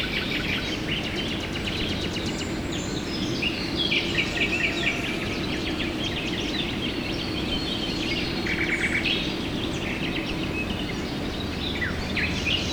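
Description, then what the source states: Birds singing over one another, quick chirps and buzzy trilled phrases, with a continuous low rushing hiss. Recorded at dawn, 5 a.m.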